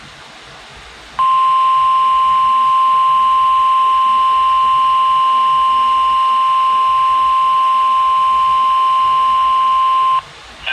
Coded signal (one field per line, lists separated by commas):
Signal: Emergency Alert System (SAME) tones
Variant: 1050 Hz attention tone